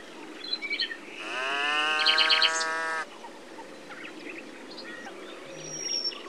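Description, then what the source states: Coypu contact call: a single nasal, mooing call lasting nearly two seconds, with small birds chirping and twittering around it. Contact call, at a wetland.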